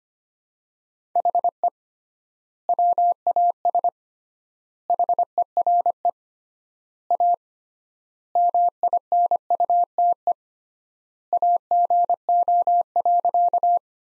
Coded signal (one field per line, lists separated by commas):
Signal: Morse code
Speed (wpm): 25 wpm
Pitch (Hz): 700 Hz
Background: none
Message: HE WAS HERE A MINUTE AGO.